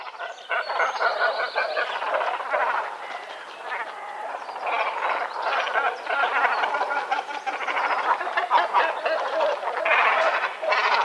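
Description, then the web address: Great cormorant giving harsh, guttural croaks and rasping grunts in a dense, continuous series. "Great Cormorant"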